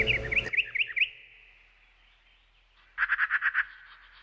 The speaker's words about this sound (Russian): День выдался на удивление солнечный. Вокруг пели птицы, шумели кроны деревьев под порывами слабого ветерка.